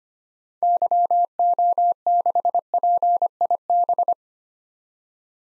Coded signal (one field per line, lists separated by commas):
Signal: Morse code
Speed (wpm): 25 wpm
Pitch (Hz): 700 Hz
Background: none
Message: YO6PIB